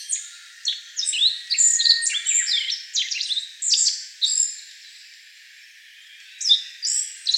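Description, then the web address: Black-faced bunting song, a high series of short chirps and trills in bursts, pausing briefly and resuming near the end. Recorded 15 April 2013. "birdenaga aoji"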